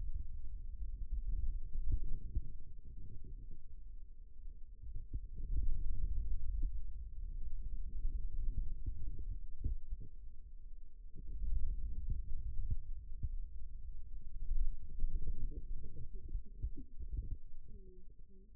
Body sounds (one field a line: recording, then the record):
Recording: forearm muscle sounds (acoustic myography)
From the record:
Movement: radial deviation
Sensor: system 2, bracelet of six BSWA MPA416 microphones around the upper forearm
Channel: 3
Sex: male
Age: 22 years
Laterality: right